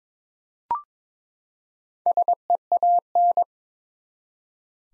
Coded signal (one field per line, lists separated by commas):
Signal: Morse code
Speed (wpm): 22 wpm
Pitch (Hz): 700 Hz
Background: none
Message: SEAN